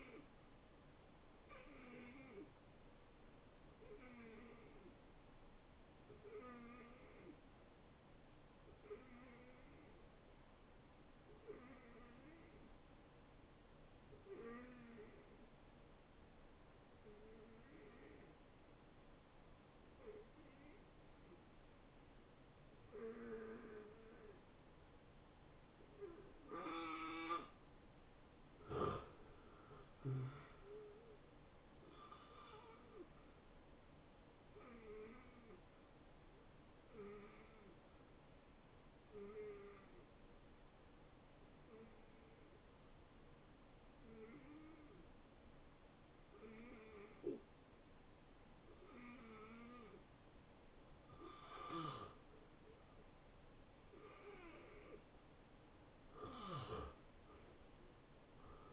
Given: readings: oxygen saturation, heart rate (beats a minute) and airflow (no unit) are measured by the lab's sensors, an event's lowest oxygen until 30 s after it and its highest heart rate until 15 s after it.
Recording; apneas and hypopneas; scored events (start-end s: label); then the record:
breathing in sleep by a voice recorder at the bedside; 2
12.00-29.80 s: hypopnea (N2, oxygen 84% highest, then 77% lowest, heart rate 76 at the start, 82 highest)
36.00-53.10 s: hypopnea (N2, oxygen 81% highest, then 77% lowest, heart rate 79 at the start, 83 highest)
From the record:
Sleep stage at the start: N2 (light sleep); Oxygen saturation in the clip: 77 to 85%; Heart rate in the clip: 63 to 82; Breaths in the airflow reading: 19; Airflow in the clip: -16.4 to 10.7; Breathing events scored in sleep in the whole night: 263 in 5.5 hours asleep